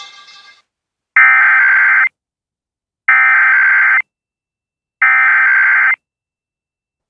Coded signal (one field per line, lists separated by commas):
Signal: Emergency Alert System (SAME) tones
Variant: header bursts